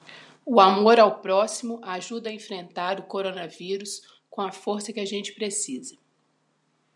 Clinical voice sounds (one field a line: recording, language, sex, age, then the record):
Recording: spoken sentence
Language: Brazilian Portuguese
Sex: female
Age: 50 to 59 years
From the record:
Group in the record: control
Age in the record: 50 years